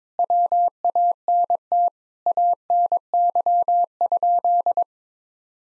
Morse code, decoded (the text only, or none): WANT ANY?